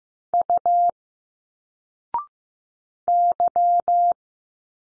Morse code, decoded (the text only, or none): U Y